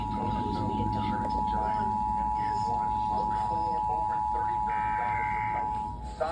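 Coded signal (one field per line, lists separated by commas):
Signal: Emergency Alert System (SAME) tones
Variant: 853 and 960 Hz attention tone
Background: speech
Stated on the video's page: Georgia Required Monthly Test received from FM stations on a Sangean CL-100, a Midland ER310 and a Baofeng UV-5RM PLUS GPS.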